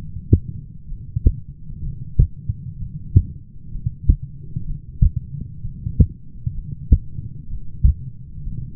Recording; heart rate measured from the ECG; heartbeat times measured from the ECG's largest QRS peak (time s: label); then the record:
heart sounds by stethoscope; 63 bpm
0.87 s: heartbeat
1.83 s: heartbeat
2.78 s: heartbeat
3.71 s: heartbeat
4.66 s: heartbeat
5.61 s: heartbeat
6.54 s: heartbeat
7.49 s: heartbeat
8.44 s: heartbeat
From the record:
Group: heart failure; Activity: light exercise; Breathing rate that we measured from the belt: 22 breaths a minute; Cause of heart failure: dilated cardiomyopathy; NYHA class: 2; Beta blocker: bisoprolol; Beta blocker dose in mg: 10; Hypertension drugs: sacubitril-valsartan, spironolactone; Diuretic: furosemide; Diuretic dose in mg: 40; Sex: male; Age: 29 years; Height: 174 cm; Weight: 92 kg